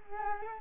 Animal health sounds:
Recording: mosquito wingbeat signal from an infrared sensor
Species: Culex quinquefasciatus

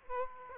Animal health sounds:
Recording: mosquito wingbeat signal from an infrared sensor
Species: Aedes aegypti

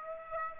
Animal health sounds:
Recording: mosquito wingbeat signal from an infrared sensor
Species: Aedes aegypti

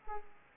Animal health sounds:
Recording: mosquito wingbeat signal from an infrared sensor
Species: Aedes aegypti

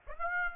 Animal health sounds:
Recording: mosquito wingbeat signal from an infrared sensor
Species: Aedes aegypti

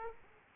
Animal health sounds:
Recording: mosquito wingbeat signal from an infrared sensor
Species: Aedes aegypti

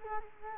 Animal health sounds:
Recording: mosquito wingbeat signal from an infrared sensor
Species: Culex quinquefasciatus

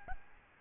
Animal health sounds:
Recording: mosquito wingbeat signal from an infrared sensor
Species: Aedes albopictus

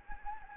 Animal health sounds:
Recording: mosquito wingbeat signal from an infrared sensor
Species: Anopheles gambiae

